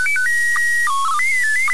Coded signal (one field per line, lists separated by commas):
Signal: SSTV (slow-scan television)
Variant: PD 120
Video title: ISS SSTV 2018/10/28 14 20 UTC